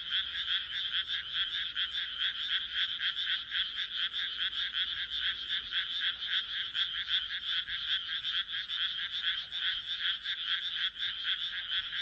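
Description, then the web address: Many frogs calling at once, fast rattling croaks blending into a loud, unbroken chorus from start to end. "kaeru kaeru"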